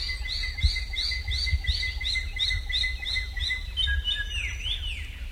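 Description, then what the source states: Wallacean Drongo call, a run of about ten clear upslurred whistles repeated rapidly, then breaking into varied twisting notes over a low background rumble. Local CCCA call, heard near Wae Rebo in Wallacea; often comes just before monkey troops leave the forest to steal corn, so villagers use it to protect crops.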